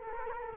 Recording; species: mosquito wingbeat signal from an infrared sensor; Culex quinquefasciatus